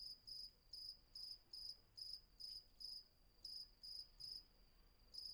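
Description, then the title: Cricket giving pulsed chirps, about two to three a second, with a few short gaps, quiet surroundings otherwise. Night ambience on Patmos, Vagia, Greece; recorded with a Fostex FR-2 and an MKH800 microphone. "Patmos, Vagia, Griechenland - Nachtsimmung 03, Grillen"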